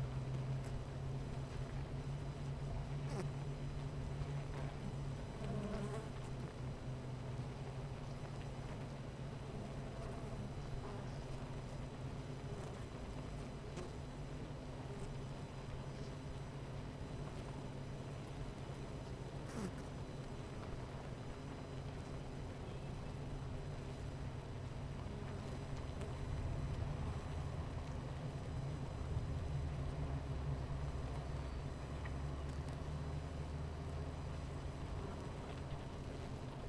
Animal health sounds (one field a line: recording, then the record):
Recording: honeybee colony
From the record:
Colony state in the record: missing queen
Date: 14 July 2017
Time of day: 10:52